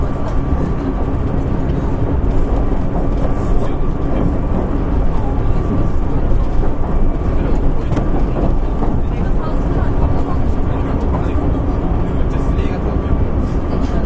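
A Nankai 50000 series train runs steadily with a dense low rumble and a constant thin tone, loudness holding even throughout.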